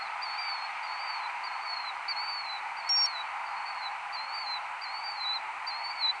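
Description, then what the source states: Killdeer calling in a quick series of about nine high, downslurred notes over constant background hiss, with one short electronic-sounding beep midway. Recorded 17 March at 6 am.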